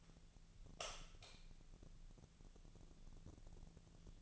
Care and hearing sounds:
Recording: daily activity, microphone in the room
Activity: light on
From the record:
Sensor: 4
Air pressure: 1000.9 hPa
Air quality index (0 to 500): 124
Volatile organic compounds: 1 ppm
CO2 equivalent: 935 ppm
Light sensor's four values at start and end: 27/66/27/29 and 30/77/31/33

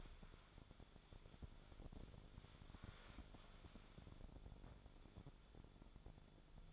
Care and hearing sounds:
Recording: daily activity, microphone in the room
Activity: wipe stove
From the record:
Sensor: 5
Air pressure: 1015.2 hPa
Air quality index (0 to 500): 218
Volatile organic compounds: 12 ppm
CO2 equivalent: 2359 ppm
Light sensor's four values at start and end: 35/82/33/35 and 35/83/34/36

